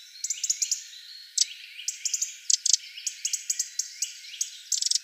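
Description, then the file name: Eurasian wren calling with sharp, dry ticking notes in quick clusters of several, while other birds chirp and whistle softly behind. "Troglodytes troglodytes"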